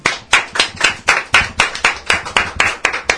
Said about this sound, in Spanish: Vamos a presentar ahora sí a Adrián Berra, con un aplauso.